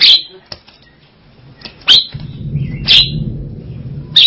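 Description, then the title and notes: Javan myna song: loud grating squawks every one to two seconds, with a low droning hum joining partway through. "Jalak Kebo. Kicau Burung Jalak"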